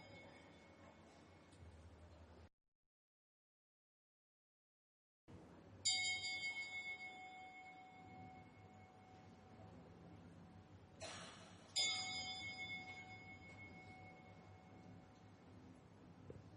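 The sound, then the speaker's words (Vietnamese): A Buddhist temple bell is struck twice, about six seconds apart, in a ceremony inviting the venerable monk to the dharma seat, each blow ringing out in a bright, sustained metallic tone that slowly fades over a steady low rumble. “Giờ phút này thành tâm bái thỉnh bước chân Hòa Thượng quan lâm pháp tòa, ban chung cổ trỗi chuông trống bát nhã cung thỉnh Hòa Thượng quan lâm.”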